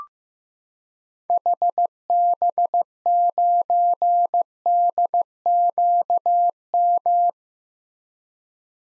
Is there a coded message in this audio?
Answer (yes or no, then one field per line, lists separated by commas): yes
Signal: Morse code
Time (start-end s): 1.3-7.3 s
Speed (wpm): 15 wpm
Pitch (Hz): 700 Hz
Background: none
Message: HB9DQM